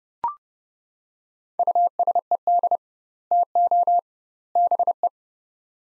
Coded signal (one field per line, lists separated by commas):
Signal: Morse code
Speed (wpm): 30 wpm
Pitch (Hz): 700 Hz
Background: none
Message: USED TO BE